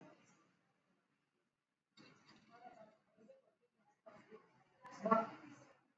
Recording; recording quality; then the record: shallow breathing; poor, much background noise or distortion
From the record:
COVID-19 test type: RT-PCR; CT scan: not taken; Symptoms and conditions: cough, cold, fever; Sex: male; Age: 35 years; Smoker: no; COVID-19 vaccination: both doses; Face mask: worn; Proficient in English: yes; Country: India